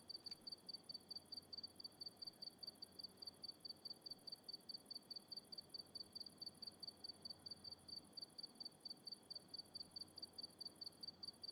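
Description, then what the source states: Crickets calling in an unbroken high, rhythmic pulse, with a faint higher buzz over quiet background hiss. Crickets at night in the countryside.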